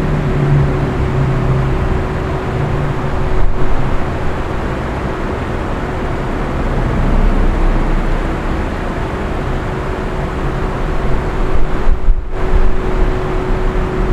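A hotel room fan runs steadily, a dense rushing hiss spread from low rumble to high air, with a constant hum tone riding through it. Around 3.5 seconds and again near 12 seconds the sound briefly dips, as if something momentarily interrupts the airflow.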